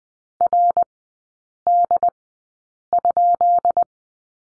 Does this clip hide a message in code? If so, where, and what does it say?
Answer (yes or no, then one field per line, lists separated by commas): yes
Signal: Morse code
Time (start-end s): 0.4-3.8 s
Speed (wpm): 19 wpm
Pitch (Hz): 700 Hz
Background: none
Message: RD?